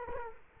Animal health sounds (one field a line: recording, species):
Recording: mosquito wingbeat signal from an infrared sensor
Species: Culex quinquefasciatus